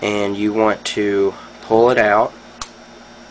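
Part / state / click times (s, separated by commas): rifle takedown pin in the lower/upper receiver / released / 2.6 s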